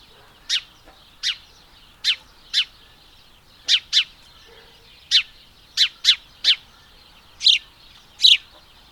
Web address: madarak enek PASDOM